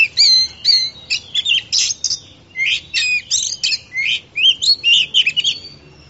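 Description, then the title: Oriental magpie-robin song of rich, rapid whistled phrases mixed with harsh notes and rising slurs, grouped in bursts with brief gaps between them. Song of a champion singing bird. "Kicau Burung Kacer Juara"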